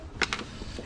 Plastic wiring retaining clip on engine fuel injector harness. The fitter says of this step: holds it and clicks in place.